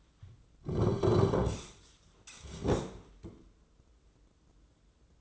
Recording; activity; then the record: daily activity, microphone in the room; sit down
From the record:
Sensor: 3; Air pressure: 996.0 hPa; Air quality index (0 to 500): 245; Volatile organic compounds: 1000 ppm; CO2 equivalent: 6252 ppm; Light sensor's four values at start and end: 38/91/40/43 and 39/95/41/44